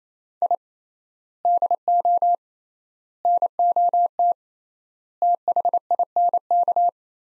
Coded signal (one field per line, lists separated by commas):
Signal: Morse code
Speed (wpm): 28 wpm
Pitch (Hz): 700 Hz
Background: none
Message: I DO NOT THINK